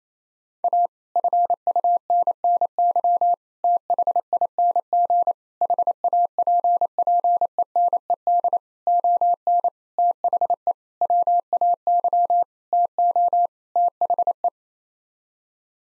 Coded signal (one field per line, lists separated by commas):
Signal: Morse code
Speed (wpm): 27 wpm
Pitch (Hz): 700 Hz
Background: none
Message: A FUNNY THING HAPPENED ON THE WAY TO THE